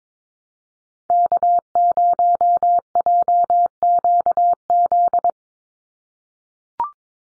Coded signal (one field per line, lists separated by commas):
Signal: Morse code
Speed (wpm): 22 wpm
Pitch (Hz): 700 Hz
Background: none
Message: K0JQZ